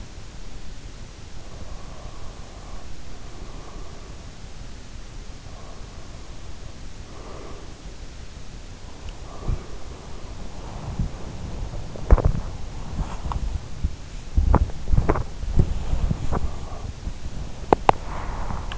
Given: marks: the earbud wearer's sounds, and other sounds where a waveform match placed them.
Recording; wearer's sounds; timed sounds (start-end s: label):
sounds in sleep by an in-ear microphone; breath, body movement
0.72-3.59 s: breath
4.19-18.78 s: body movement